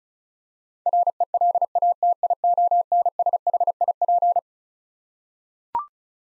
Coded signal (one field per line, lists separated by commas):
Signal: Morse code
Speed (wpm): 36 wpm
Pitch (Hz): 700 Hz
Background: none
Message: RELATIONSHIP